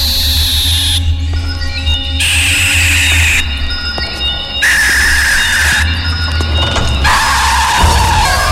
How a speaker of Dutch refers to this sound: Ja, nu blaas ik op dit fluitje, hoor.